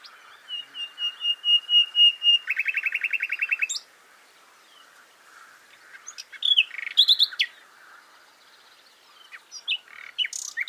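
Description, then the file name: Common nightingale singing a steady run of repeated whistled notes that speed into a dense rattling trill, then a quiet gap and scattered sharp chirps and short phrases. "Luscinia megarhynchos"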